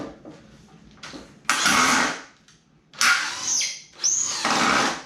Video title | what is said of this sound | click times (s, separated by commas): DIY Teardrop Camper a 5 x 10 M57 Build folding bed without plans mini camper #vanlife #nomad | No, that was stripped out. | 1.5 s